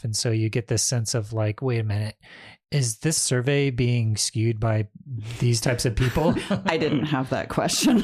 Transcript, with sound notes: And so you get this sense of, like, wait a minute, is this survey being skewed by these types of people?
(laughs) I didn't have that question.